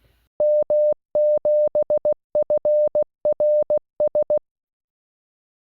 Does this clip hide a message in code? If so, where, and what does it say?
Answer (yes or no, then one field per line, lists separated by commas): yes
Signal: Morse code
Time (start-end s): 0.4-4.4 s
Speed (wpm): 16 wpm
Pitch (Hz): 600 Hz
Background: none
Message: M7FRS